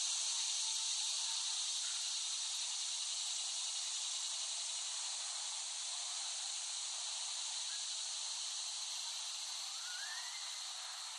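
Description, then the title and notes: Cicada chorus in a steady high hiss, slowly fading. Cicadas in West Brighton, Staten Island, late summer 2008, by Dan Bodah. "Dronecast No. 021: The Cicadas of Summer. Recording of cicadas made by Dan Bodah in West Brighton, Staten Island, late summer 2008"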